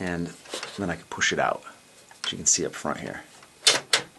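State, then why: Seated. Someone talks while a hard drive that was pushed out of a tool-less drive bay in a PC case is pushed back in. A sharp click sounds at 3.9 s as it latches and locks into place.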